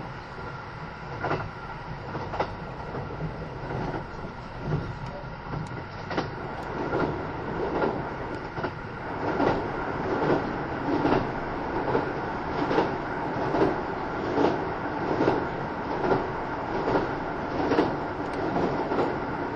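Onboard recording of a Kintetsu 80000 series Hinotori limited express train from Kintetsu Nagoya toward Isuzugawa. A steady rumbling hum fills the clip, with rhythmic wheel clacks over rail joints that start sparse and quicken into a regular beat as the train gathers speed.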